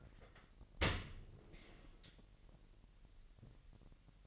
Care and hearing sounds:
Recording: daily activity, microphone in the room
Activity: open dishwasher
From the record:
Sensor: 4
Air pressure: 1001.4 hPa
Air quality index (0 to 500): 250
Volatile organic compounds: 43 ppm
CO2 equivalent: 3189 ppm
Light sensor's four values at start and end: 8/18/7/6 and 8/17/7/6

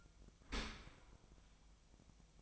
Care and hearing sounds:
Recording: daily activity, microphone in the room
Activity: open dishwasher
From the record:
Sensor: 1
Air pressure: 1004.7 hPa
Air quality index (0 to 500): 120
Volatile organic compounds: 4 ppm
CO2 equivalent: 1664 ppm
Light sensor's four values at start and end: 9/21/8/9 and 9/21/8/9

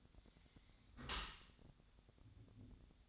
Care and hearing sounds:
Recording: daily activity, microphone in the room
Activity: close dishwasher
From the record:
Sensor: 3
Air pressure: 1006.7 hPa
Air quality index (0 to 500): 207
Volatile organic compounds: 19 ppm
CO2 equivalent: 2645 ppm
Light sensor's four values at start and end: 10/24/10/10 and 10/24/10/10

